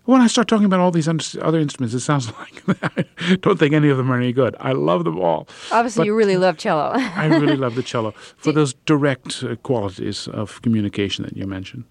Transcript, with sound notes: When I start talking about all these other instruments, it sounds like (laughter) I don't think any of them are any good. I love them all. But...
Obviously, you really love cello (laughter).
I really love the cello for those direct qualities of communication that you mentioned.